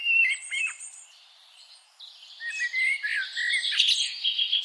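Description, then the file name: Common blackbird song: a few clear whistled notes at the start, a quiet gap, then a busy high twittering passage with a low slurred whistle. "Turdus merula"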